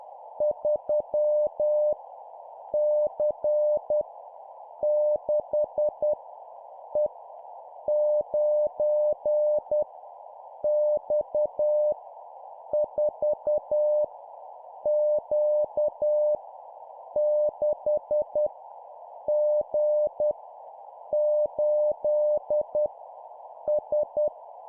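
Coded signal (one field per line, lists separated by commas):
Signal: Morse code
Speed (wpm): 10 wpm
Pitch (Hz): 600 Hz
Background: none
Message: 3 C 6 E 9 X 4 Q 6 G 8 S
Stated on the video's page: Morse code learning practice of random letters and numbers at 10 wpm.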